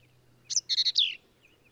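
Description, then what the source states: Black-capped vireo with one short phrase: a sharp note, three evenly spaced burry notes, then a slurred downward squeal, over faint hum. Male, one individual, singing at Kerr Wildlife Management Area, Hunt, Texas hill country; endangered species; phrases sung alone, truncated, embellished or run together in a lively, emphatic performance.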